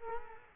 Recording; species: mosquito wingbeat signal from an infrared sensor; Culex quinquefasciatus